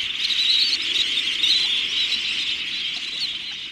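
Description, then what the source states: Dunlin calls from a flock, a dense continuous chatter of high, buzzy notes blending into a steady wash of sound. Dunlin, a type of sandpiper, on a tidal mud flat of a saltwater bay at low tide.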